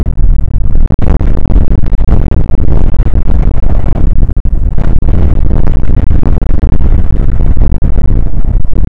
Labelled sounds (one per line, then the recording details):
wind
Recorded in the Prudhoe Bay oil fields, Alaska, on 29 May 2019 at 00:00
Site 25